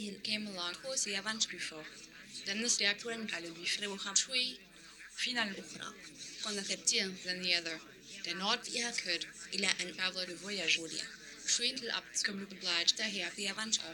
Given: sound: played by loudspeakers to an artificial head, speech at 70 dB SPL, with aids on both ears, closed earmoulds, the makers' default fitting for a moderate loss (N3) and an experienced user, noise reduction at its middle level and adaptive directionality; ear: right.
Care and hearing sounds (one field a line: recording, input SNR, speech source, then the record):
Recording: speech test signal (ISTS) in cocktail-party noise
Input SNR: +6 dB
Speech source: on the right (90 degrees)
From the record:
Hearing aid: class 1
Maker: J